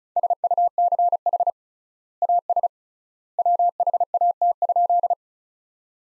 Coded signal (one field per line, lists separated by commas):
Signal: Morse code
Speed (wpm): 36 wpm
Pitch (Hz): 700 Hz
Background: none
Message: SUCH AS WHAT?